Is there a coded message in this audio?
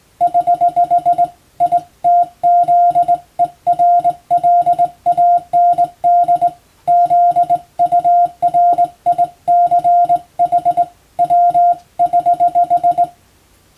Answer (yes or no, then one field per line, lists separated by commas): yes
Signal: Morse code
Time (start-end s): 0.2-13.0 s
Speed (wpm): 20 wpm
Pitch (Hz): 700 Hz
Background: none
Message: <HH> ITZERLAND ZURICH W<HH>